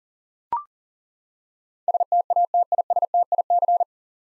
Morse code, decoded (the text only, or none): STATISTIC